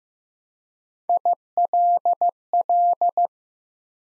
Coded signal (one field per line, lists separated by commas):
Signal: Morse code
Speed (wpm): 15 wpm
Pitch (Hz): 700 Hz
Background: none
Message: ILL